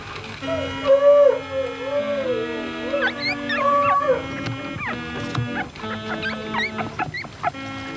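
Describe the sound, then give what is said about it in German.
Five newborn police dog puppies whimper and squeal in high, wavering, overlapping cries, some rising into short yelps, over a steady low tonal drone, continuing for the full eight seconds. “Fünf junge Polizeihunde erblickten das Licht der Welt.”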